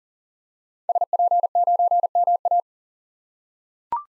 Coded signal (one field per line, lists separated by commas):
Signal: Morse code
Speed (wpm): 40 wpm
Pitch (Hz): 700 Hz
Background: none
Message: SP9MA